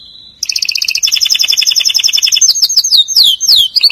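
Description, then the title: Atlantic canary song: a soft whistled note, then loud rapid trills shifting pitch and ending in quick downslurred chirps. "Kenari"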